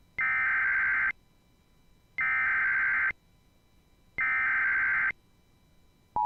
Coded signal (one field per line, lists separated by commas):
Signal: Emergency Alert System (SAME) tones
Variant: header bursts